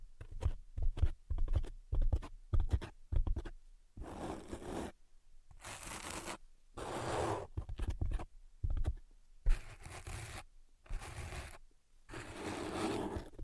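Tapping and scratching. The first four seconds bring quick, uneven taps with a low thud, then longer rough scratching strokes of about a second each, separated by short pauses. Brief taps return between the scratches, and the strokes are brighter and hissier than the taps.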